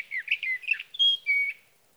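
Sage thrasher song fragment: jumbled warbling notes, then two drawn-out clear whistles on slightly different pitches.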